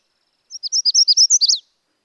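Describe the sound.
Magnolia warbler song: a quick series of high, clear notes run together into a short musical phrase.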